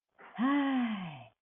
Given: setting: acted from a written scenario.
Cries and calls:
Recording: vocal sound without words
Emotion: ecstasy

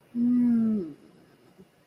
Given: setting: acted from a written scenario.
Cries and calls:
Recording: vocal sound without words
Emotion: serenity

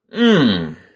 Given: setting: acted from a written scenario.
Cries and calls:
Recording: vocal sound without words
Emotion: disappointment

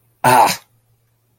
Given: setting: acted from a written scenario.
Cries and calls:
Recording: vocal sound without words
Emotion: pain

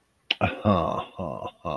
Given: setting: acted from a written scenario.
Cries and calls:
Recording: vocal sound without words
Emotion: serenity

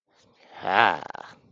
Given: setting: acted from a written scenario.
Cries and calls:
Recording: vocal sound without words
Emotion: triumph

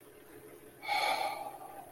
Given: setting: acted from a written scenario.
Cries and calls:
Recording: vocal sound without words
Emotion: serenity

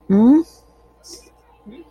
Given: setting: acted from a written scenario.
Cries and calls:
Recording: vocal sound without words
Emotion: awe

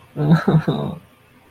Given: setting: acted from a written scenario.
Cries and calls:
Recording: vocal sound without words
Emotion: distress

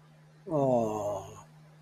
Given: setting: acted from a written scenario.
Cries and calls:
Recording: vocal sound without words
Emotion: adoration

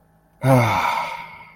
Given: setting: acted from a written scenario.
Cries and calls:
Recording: vocal sound without words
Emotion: contentment

